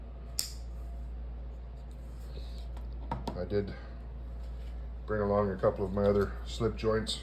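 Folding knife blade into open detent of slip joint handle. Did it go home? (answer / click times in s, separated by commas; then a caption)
yes / 0.4 s. The blade of a Buck 250 Saunter limited edition slip joint folding knife is opened, and the backspring snaps it into the fully open detent of the handle with a sharp click at 0.4 s, so the blade is fully open. A few fainter clicks follow around 3.1 to 3.3 s over a steady low hum, and then someone talks.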